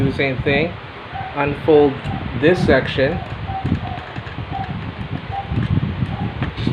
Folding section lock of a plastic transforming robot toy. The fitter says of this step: let it lock there's a lock there somewhere there we go just make sure that locks in place